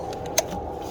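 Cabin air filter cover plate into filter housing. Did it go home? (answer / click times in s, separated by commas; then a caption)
yes / 0.4 s. On a 2018 Honda Accord, the plastic cover plate over the cabin air filter housing is pushed into place until its clips engage. A single sharp click at 0.4 s stands out against a low, steady background hum. The cover plate is seated.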